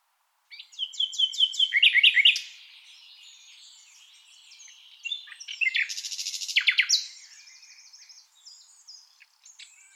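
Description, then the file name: Common nightingale song: two bursts of fast repeated rattling notes, the second with harsh buzzy elements, separated by softer warbling. "Luscinia megarhynchos"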